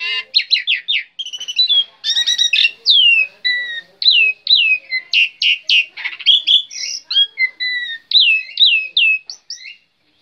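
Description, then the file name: Black-winged myna song, a continuous stream of varied notes mixing sharp chatters with repeated downslurred whistles. Singing persistently (gacor); local name jalak putih. "suara jalak putih gacor"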